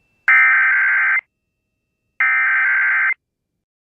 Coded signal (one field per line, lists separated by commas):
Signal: Emergency Alert System (SAME) tones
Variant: header bursts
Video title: MISSOULA TESTED EARLY THIS TIME... EAS Tests from November 2023 (EAS #3,227 - 3,290)